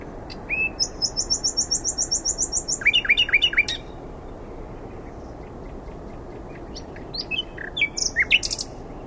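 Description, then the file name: Common nightingale song: a run of rapid, high, thin repeated notes, then a series of quick downslurred notes, a pause, and a burst of sharp, varied chips. "Luscinia megarhynchos"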